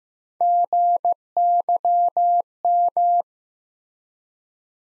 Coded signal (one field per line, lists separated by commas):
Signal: Morse code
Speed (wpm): 15 wpm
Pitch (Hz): 700 Hz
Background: none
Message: GYM